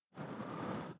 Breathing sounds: one breath near a microphone; exhalation

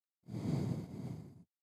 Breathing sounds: one breath near a microphone; exhalation

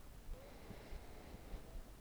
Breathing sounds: one breath near a microphone; inhalation

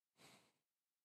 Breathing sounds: one breath near a microphone; exhalation

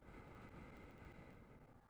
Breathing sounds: one breath near a microphone; exhalation

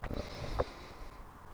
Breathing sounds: one breath near a microphone; inhalation

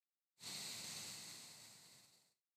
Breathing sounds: one breath near a microphone; exhalation

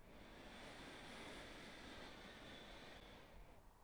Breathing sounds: one breath near a microphone; inhalation

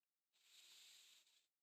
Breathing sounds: one breath near a microphone; inhalation

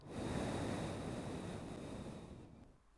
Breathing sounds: one breath near a microphone; exhalation

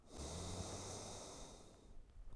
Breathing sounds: one breath near a microphone; exhalation

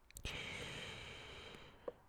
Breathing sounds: one breath near a microphone; inhalation

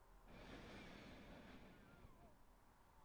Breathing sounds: one breath near a microphone; inhalation

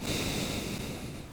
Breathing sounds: one breath near a microphone; exhalation

